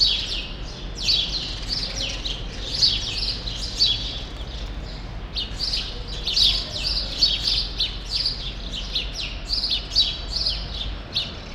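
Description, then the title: Sparrows chirping as a busy flock, short bright chirps overlapping in quick bursts with brief lulls, steady low background rumble underneath. Sparrows still present in a small remaining part of a once large grove, Rue Saint-Jean Népomucène, Brussels, Belgium; recorded with Earsight V2 AB microphones into a Zoom F3. "Rue Saint-Jean Népomucène 13, 1000 Bruxelles, Belgique - Sparrows - Moineaux"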